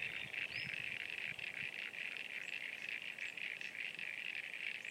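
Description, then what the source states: Continuous frog chorus, many high rattling pulses blending into a steady trill, with a faint chirp or two above. At Sunny Corner.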